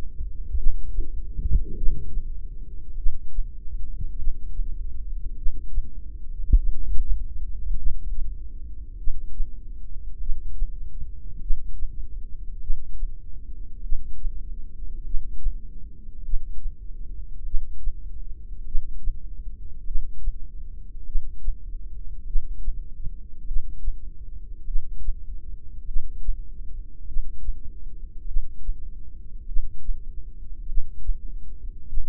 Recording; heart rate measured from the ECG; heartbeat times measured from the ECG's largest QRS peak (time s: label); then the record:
heart sounds by microphone in the left ear; 50 bpm
0.58 s: heartbeat
1.77 s: heartbeat
2.98 s: heartbeat
4.19 s: heartbeat
5.38 s: heartbeat
6.59 s: heartbeat
7.78 s: heartbeat
8.99 s: heartbeat
10.21 s: heartbeat
11.42 s: heartbeat
12.62 s: heartbeat
13.84 s: heartbeat
15.06 s: heartbeat
16.25 s: heartbeat
17.46 s: heartbeat
18.67 s: heartbeat
19.87 s: heartbeat
21.07 s: heartbeat
22.27 s: heartbeat
23.48 s: heartbeat
24.68 s: heartbeat
25.88 s: heartbeat
27.08 s: heartbeat
28.28 s: heartbeat
29.48 s: heartbeat
30.69 s: heartbeat
31.89 s: heartbeat
From the record:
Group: heart failure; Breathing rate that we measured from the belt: 16 breaths a minute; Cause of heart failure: cardiac sarcoid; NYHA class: 1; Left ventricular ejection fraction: 39%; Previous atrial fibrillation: present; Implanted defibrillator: present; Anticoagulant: apixaban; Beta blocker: carvedilol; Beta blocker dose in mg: 50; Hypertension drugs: ramipril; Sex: male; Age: 79 years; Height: 184 cm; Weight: 92.5 kg